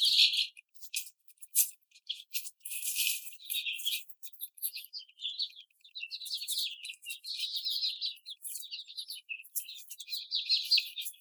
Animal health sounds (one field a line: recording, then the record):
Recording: young laying hens in a cage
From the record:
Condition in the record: after the stressor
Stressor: simulated dog barking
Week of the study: 4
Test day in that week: 2